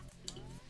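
A small wooden piece is pushed straight into its slot on a wooden ROKR Mechanical Cruiser Motorcycle model frame, giving a sharp, bright click at 0.3 s over a low background hum. The piece seats smoothly in place.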